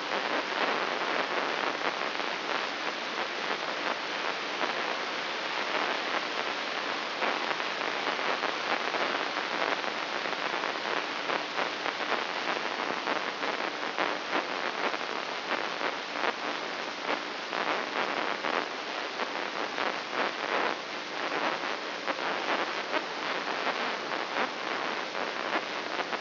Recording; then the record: brain microelectrode recording played as sound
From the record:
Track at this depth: outside the subthalamic nucleus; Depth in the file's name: 7.46 mm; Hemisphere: left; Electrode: 3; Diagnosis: Parkinson's disease